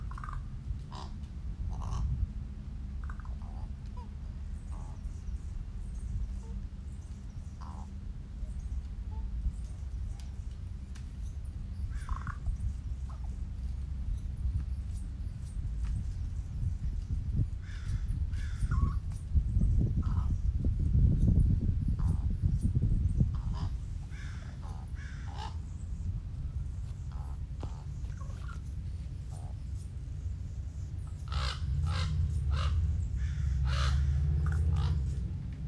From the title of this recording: Crows (Ravens) Communicating